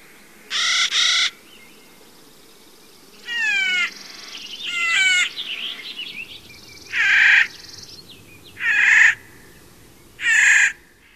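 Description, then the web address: Clark's nutcracker calls: several harsh, grating squawks, with some softer chattering notes between them. "Songs of Birds of North America Stokes. Clarks Nutcracker"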